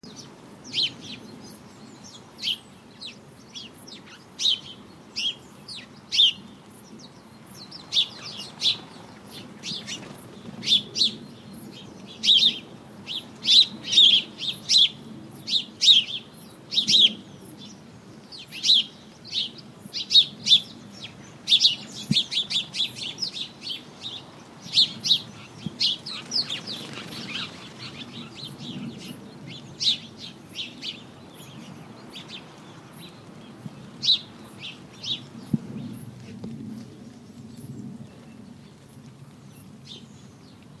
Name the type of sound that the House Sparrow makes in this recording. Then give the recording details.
call. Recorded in the wild. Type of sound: call. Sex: diverse. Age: adult. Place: Kloster, Insel Hiddensee, Mecklenburg-Vorpommern, DE. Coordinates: 54.5844, 13.1022. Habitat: hedge. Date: 2012-09-11. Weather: 15°C, cloudy, almost windless. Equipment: Sound Devices 702, Sennheiser MKH 415 T, Rhode Windschutz. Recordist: Frommolt, Karl-Heinz. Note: Rufe eines Trupps Haussperlinge im Gebüsch